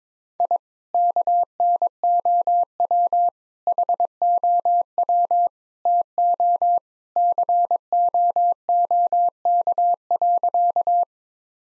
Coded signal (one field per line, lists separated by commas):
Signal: Morse code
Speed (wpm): 22 wpm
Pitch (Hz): 700 Hz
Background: none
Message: I KNOW HOW TO COOK.